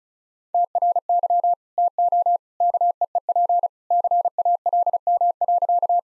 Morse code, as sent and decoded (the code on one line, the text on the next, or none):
- .-. -.-- / - --- / -.- . . .--. / -.-. .- .-.. -- .-.-.-
TRY TO KEEP CALM.